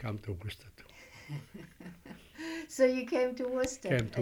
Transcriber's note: she laughs